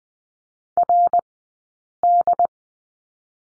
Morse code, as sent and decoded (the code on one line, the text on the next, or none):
.-. -..
RD